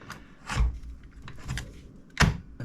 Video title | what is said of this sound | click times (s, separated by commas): My fix for wheel disconnect, gear shifting, button & display freeze issue #fanatec #qr1 #qr2 #csldd | and push it and it gives it a nice satisfying click | 1.6 s